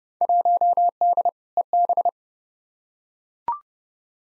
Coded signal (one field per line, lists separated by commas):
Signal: Morse code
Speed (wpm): 31 wpm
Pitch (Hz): 700 Hz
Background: none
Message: 1D EB